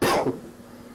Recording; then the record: coughing mixed with background sound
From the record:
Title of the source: Coughing 77